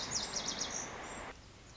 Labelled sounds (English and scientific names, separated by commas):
Lazuli Bunting (Passerina amoena)